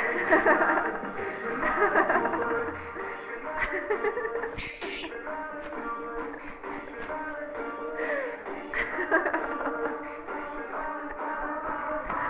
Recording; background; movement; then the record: laughter; music; sitting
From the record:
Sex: female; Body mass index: 18.3 kg/m2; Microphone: on the chest, facing the body